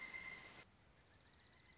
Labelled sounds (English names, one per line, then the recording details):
Pileated Woodpecker
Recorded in Sonoma County, California